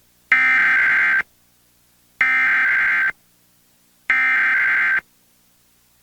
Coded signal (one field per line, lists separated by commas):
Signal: Emergency Alert System (SAME) tones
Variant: header bursts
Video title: Monthly EAS Tests from 9/6/23-9/7/23 (EAS #1,466-1,477)